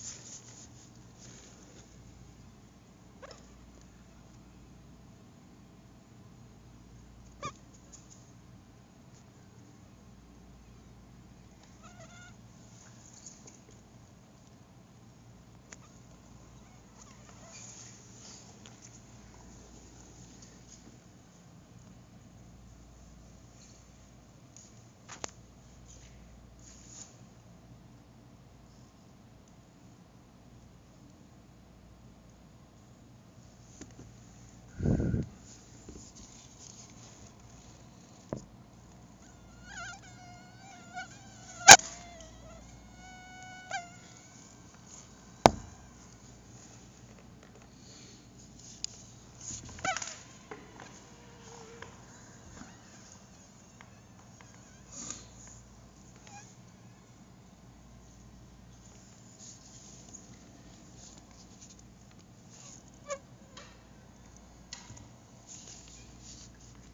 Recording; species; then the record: mosquito flight sound by mobile phone; Anopheles dirus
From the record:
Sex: mixed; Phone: Google Nexus